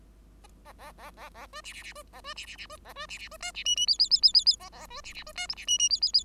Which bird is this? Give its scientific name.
Lonchura striata domestica